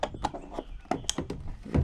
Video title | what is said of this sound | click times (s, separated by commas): How to Install Smoked LED Tail Lights on 2016 Ram 1500 | we will slide this on click | 1.1 s